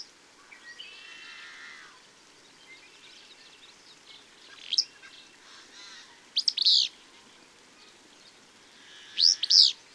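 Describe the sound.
Bird song with a short warbled phrase early on, then sharp high chirps at about five, six and a half, and nine seconds over soft background hiss.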